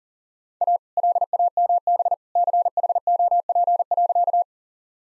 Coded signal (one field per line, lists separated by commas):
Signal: Morse code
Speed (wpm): 40 wpm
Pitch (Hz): 700 Hz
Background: none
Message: A LAMB CHOP.